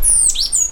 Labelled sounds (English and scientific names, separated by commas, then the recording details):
Stitchbird (Notiomystis cincta) song
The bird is a male
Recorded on Tiritiri Matangi Island, New Zealand, in 2005
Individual 2, of nest box 2